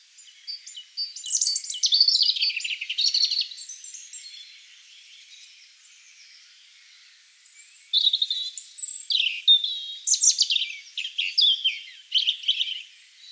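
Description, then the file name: European robin singing two bursts of high, tinkling, varied phrases with sweeping whistles and short trills, separated by several seconds of near silence. "Erithacus rubecula"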